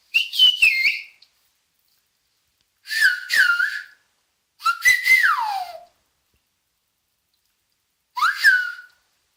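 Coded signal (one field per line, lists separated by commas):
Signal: whistled language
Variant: Silbo Gomero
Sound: four phrases of loud gliding whistles rising and falling in pitch, separated by pauses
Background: small room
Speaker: and the Canary Islands whistling language, which in Spanish is known as "el silbo".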